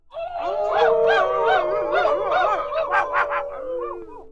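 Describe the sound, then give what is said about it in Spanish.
A chorus of voices imitating wolves howls together, long overlapping wavering cries that rise and fall in pitch, loud and sustained for about four seconds with no talking. “Lobos aullaban de hambre. A ver, mis lobos.”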